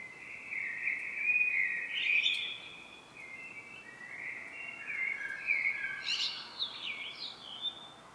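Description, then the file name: Common blackbird song: nearly continuous mellow fluting that shifts into varied high twittering flourishes in the second half. "Turdus merula"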